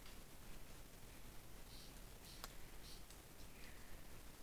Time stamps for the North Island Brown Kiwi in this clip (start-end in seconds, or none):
none